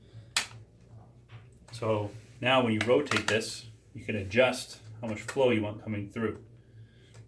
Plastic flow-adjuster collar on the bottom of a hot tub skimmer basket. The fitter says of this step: That snaps into place.